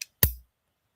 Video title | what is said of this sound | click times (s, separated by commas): POP UP THURSDAY.......!!!!! | You hear that solid sound, folks? | 0.2 s